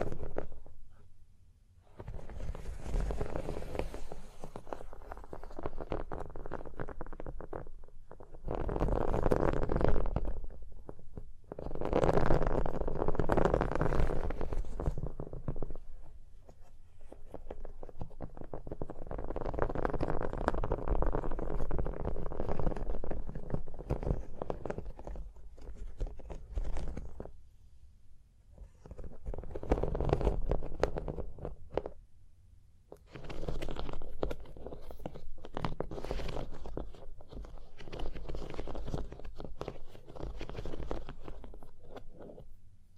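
Fingertips tap, scratch and trace across a surface in long stretches of dense, gritty rubbing, broken by short near-silent pauses around 2, 15, 27 and 31 seconds. The scraping is low and full with a papery brightness above, swelling and easing unevenly throughout.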